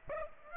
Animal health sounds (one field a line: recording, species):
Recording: mosquito wingbeat signal from an infrared sensor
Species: Aedes aegypti